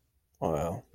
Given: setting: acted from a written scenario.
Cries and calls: vocal sound without words; negative surprise

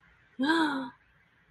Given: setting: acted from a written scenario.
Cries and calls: vocal sound without words; negative surprise

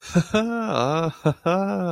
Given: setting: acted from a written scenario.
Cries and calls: vocal sound without words; relief

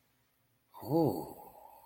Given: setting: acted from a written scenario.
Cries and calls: vocal sound without words; desire

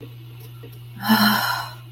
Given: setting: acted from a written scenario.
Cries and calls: vocal sound without words; relief

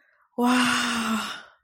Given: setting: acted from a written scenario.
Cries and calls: vocal sound without words; elation

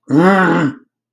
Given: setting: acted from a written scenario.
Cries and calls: vocal sound without words; anger

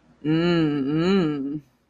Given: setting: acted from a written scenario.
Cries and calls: vocal sound without words; romantic love

